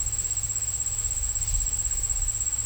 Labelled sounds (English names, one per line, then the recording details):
none
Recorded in pastures near Puerto Asís, Putumayo, Colombia, on 9 March 2025 at 16:00
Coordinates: 0.497, -76.327
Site G072